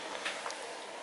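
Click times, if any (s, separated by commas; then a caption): none. A fold-down dining table leaf is handled as it is raised toward its wall bracket, giving faint rustling and a couple of brief taps, the strongest at about 0.5 s, over steady broadband hiss. The clip ends before the leaf goes home, so nothing has seated or clicked yet.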